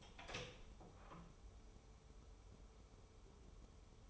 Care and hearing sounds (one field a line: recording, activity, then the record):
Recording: daily activity, microphone in the room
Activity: open door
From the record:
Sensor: 1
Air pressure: 1015.2 hPa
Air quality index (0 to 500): 158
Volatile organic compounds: 9 ppm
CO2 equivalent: 2188 ppm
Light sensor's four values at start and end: 14/33/14/15 and 14/33/14/15